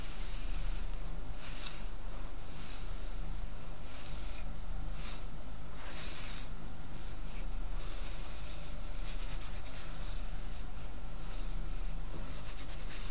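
Hair is brushed in steady, repeated strokes, a bristly swishing rasp recurring about every second over a constant low hum.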